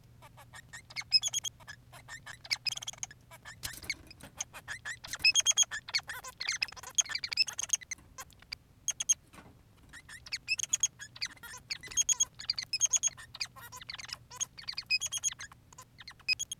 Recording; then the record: song of a male Bengalese finch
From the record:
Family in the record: son of father 3